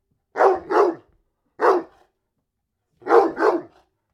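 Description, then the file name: Dog giving quick double barks, then a single bark, then another doubled pair, with silence between. "Digiffects Sound Effects Library - Dog Barking"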